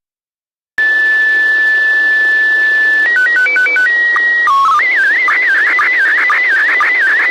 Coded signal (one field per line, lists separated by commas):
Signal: SSTV (slow-scan television)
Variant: PD 120